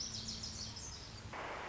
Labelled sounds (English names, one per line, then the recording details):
Lazuli Bunting
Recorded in Sonoma County, California